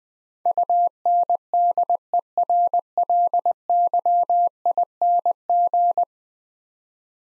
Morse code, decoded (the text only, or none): UNDERLYING